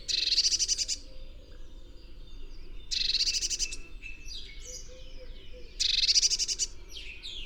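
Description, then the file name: Eurasian blue tit giving three loud, rattling churrs about three seconds apart, separated by thin, slurred, descending whistles. "Cyanistes caeruleus"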